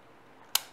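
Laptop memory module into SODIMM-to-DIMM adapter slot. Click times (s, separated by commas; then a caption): 0.6 s. A DDR3 SODIMM laptop memory module is pressed into the slot of a SODIMM-to-DIMM adapter board, giving one sharp, bright snap at 0.6 s over a quiet background. Even with the snap, the module does not click firmly into the slot, which feels cheap and does not seat as well as it should.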